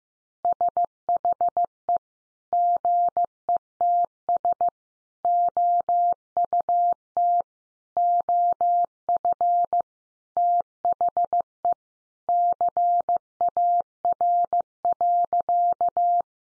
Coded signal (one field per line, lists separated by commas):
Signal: Morse code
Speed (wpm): 15 wpm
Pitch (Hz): 700 Hz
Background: none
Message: SHE GETS OUT OF THE CAR.